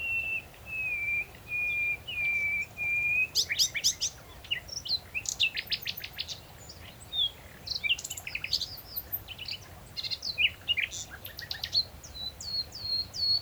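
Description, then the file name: Common nightingale singing, opening with a slow series of pure whistled notes, then bursting into rapid clicks, trills and slurred phrases, ending with repeated upward flicks; low rumble behind. "Luscinia megarhynchos"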